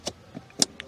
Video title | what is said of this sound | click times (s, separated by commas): 2016 - 2019 TOYOTA TACOMA USB / AUDIO / AUX PORT JACK REPLACEMENT TUTORIAL | that you should hear it click you know make sure it's good | 0.6 s